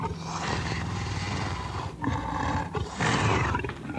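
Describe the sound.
Leopard giving a sustained, gravelly roaring growl, nearly continuous with a couple of brief breaths, deep and coarse throughout.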